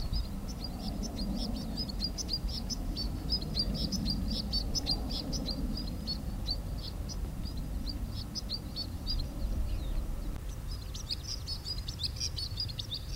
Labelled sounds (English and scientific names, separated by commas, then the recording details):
White-winged Snowfinch (Montifringilla nivalis)
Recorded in the wild
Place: Glocknergebiet, AT
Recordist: Brunner, Thomas